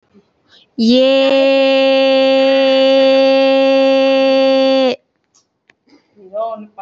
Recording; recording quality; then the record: sustained vowel as in made; excellent, no background noise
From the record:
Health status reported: healthy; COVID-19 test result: negative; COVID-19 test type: RT-PCR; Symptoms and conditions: cold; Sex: female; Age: 21 years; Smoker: no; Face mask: worn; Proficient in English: yes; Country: India